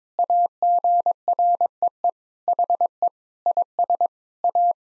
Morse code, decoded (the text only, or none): AGREE HE IS A